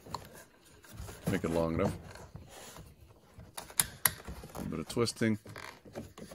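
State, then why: Not seated. Someone talks while handling a plastic power window and lock switch (or its connector) on a 2000–2005 Chevrolet Impala, twisting and pressing it toward the door switch housing after the wiring harness has been reconnected. Brief plastic ticks and rubbing sounds are heard, the sharpest around 3.8 s and 4.1 s. Nothing has seated or clicked into the housing yet.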